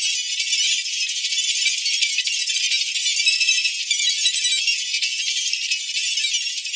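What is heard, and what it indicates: A steady, high-pitched hiss with a faint crackling, rattly texture runs unbroken for about seven seconds, with no low tones. It is a tinnitus masker sound of the distractor type, meant to cover ringing in the ears.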